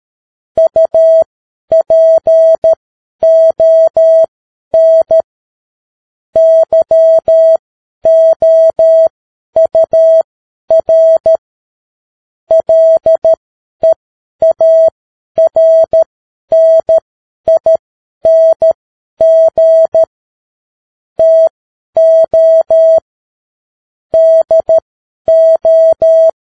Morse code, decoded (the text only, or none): UPON YOUR LEARNING TO DO